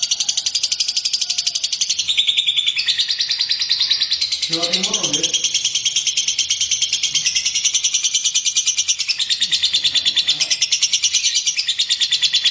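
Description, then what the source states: White-eye song: a dense, unbroken stream of rapid, very high chirping notes. A brief lower, harsher sound breaks in near the middle. White-eye training song, bird in full song (gacor) with rapid bursts (tembakan).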